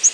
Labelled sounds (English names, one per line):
Yellow-rumped Warbler flight call